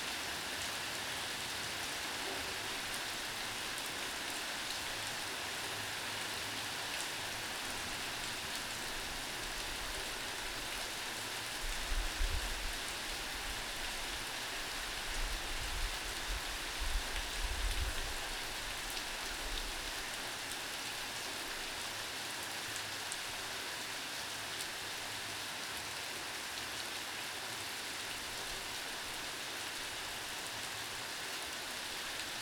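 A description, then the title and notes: Rain falls in a steady, dense hiss that holds even from start to finish, bright and full across the top. Between about 12 and 19 seconds a low rumble swells underneath, like a passing vehicle, then fades back into the unbroken rain. Rain Sounds White Noise. Recorded in the Rain Forests of Costa Rica.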